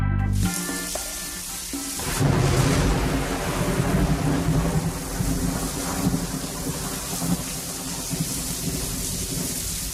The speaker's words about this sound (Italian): Pioggia, pioggia e ancora pioggia.